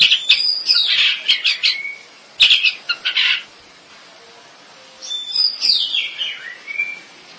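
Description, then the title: Long-tailed shrike song in three bursts of harsh chattering notes; the last phrase ends in falling whistles, with short silences between bursts. "Kicau Burung Pentet"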